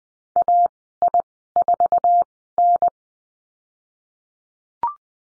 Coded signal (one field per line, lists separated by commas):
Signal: Morse code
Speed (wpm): 20 wpm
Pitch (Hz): 700 Hz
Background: none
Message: AI4N